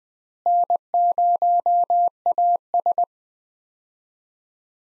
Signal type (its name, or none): Morse code